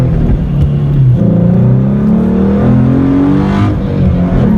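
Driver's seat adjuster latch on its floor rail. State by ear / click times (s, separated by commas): not seated / none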